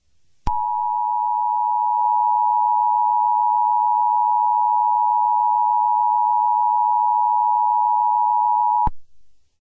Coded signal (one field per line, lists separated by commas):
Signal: Emergency Alert System (SAME) tones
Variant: 853 and 960 Hz attention tone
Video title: EAS Scenario 10: Fall guys invasion